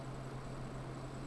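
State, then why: Not seated. A screwdriver turns the cam lock screw of the ZIF socket on a Dell Inspiron 1525 notebook back toward locked to secure the replacement laptop CPU. Only a steady low hum and broadband hiss are heard, with no distinct transients. Nothing has seated or clicked yet.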